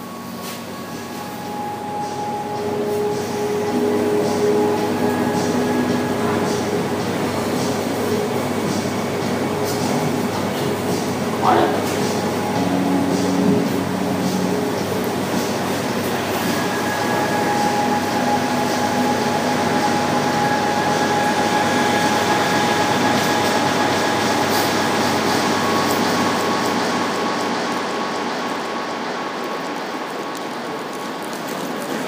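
A train rumbles steadily along, the sound rising in the first few seconds and holding at a dense, even roar before easing near the end. Thin whining tones come and go above the rumble, and a sharp clank sounds around twelve seconds.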